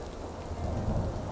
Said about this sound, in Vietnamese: Thật linh đã nghe được lời khấn cầu của chúng ta, sấm sét tới rồi kìa. Không bao lâu sau, trận mưa rào ào ào trút xuống.